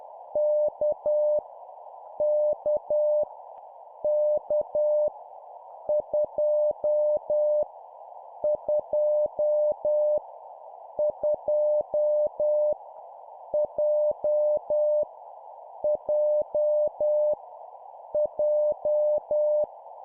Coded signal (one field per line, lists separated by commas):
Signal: Morse code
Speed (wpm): 10 wpm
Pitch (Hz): 600 Hz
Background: none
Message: K K K 2 2 2 J J J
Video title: 10wpm Repeat three times Random Letter Number, morse code practice